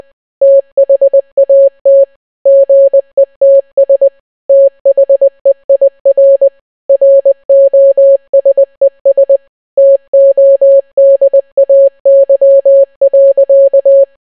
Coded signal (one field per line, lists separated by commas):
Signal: Morse code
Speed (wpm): 20 wpm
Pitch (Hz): 550 Hz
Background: none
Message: THAT GETS THEIR ROSES TODAY.